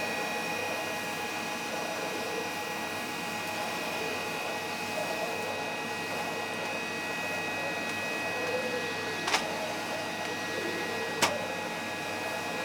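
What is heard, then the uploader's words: A vacuum cleaner runs with a steady, dense whine and fixed tones indoors, broken by two sharp clicks near nine and eleven seconds. Vacuuming The House.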